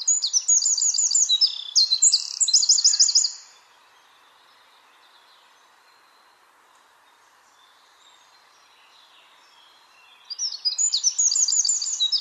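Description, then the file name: Eurasian wren song, a loud, rapid, high-pitched burst of trills and chattering notes lasting about three seconds, followed by a long quiet gap, then another burst begins. "Troglodytes troglodytes"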